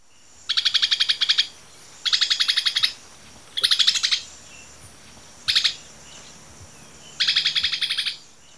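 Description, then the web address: Immaculate antbird making rasping, rapidly pulsed rattles, five bursts of differing length at uneven intervals, quite loud over a low background hum. Ecuador. "Natures Songs S America Birds of Ecuador Immaculate Antbird"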